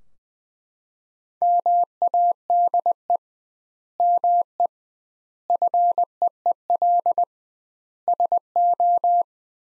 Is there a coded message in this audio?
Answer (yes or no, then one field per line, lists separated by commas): yes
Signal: Morse code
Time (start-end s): 1.4-9.2 s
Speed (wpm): 20 wpm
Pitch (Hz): 700 Hz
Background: none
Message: MADE ME FEEL SO